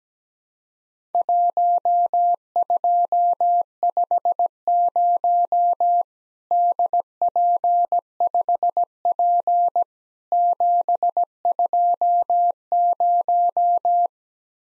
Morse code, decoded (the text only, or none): 1250 DP5P 720